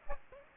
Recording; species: mosquito wingbeat signal from an infrared sensor; Aedes aegypti